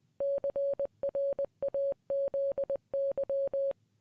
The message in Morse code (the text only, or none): CRAZY